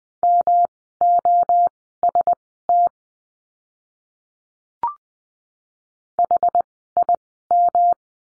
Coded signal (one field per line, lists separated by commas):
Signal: Morse code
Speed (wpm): 20 wpm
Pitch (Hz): 700 Hz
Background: none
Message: MOST HIM